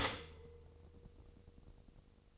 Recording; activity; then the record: daily activity, microphone in the room; stop toaster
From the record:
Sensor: 4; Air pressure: 1007.9 hPa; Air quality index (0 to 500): 105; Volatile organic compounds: 1 ppm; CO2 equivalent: 775 ppm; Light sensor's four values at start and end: 8/18/7/7 and 8/19/7/7